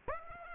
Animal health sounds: mosquito wingbeat signal from an infrared sensor; Aedes aegypti

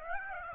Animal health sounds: mosquito wingbeat signal from an infrared sensor; Aedes aegypti

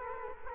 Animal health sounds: mosquito wingbeat signal from an infrared sensor; Culex quinquefasciatus

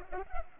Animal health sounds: mosquito wingbeat signal from an infrared sensor; Culex pipiens

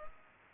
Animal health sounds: mosquito wingbeat signal from an infrared sensor; Culex pipiens

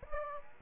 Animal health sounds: mosquito wingbeat signal from an infrared sensor; Aedes aegypti

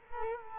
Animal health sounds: mosquito wingbeat signal from an infrared sensor; Culex quinquefasciatus

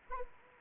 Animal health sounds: mosquito wingbeat signal from an infrared sensor; Anopheles arabiensis

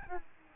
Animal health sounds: mosquito wingbeat signal from an infrared sensor; Aedes albopictus

